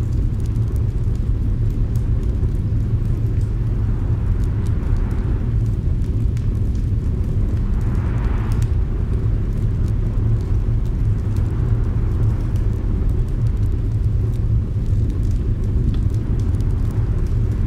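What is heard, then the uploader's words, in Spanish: A steady, dense low roar of storm and fire fills the whole clip at an even loudness. Small sharp crackles and ticks scatter through it, and a softer rushing swell rises around the fifth and eighth seconds, like wind gusting outside. Cabaña Acogedora en una Tormenta | Un Ambiente de Chimenea Rugiente ASMR. Grabado desde una cabaña acogedora adornada con una gran alfombra de lana y el fuego más grande y rugiente que jamás hayas escuchado. Afuera, una tormenta hace estragos, sus vientos azotan la casa, amenazando con sacudir sus cimientos.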